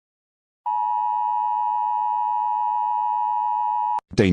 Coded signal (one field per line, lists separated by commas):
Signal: Emergency Alert System (SAME) tones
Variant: 853 and 960 Hz attention tone